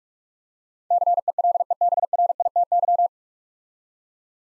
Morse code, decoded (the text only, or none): CELEBRITY